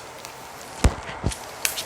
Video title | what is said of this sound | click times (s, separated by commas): The SECRET to Capturing EPIC MTB Trail Footage! Sametop Phone chest mount V2 | comme ça et ça se clipse | 1.7 s